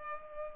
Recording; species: mosquito wingbeat signal from an infrared sensor; Culex pipiens